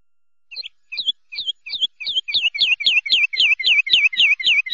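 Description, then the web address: Bulbul whistles: a quick series of bright, hooked notes, slow at first, then speeding into a steady, fast run of near-identical phrases. Whistling call (safir). "صدای-صوت-صفیر-البلبلی"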